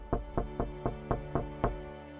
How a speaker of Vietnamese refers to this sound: Cho đến cách đám ma bà cụ 1 tuần trăng trước, bà cụ gần như ngã quỵ khi có 2 người ăn mày đến gõ cửa xin ăn.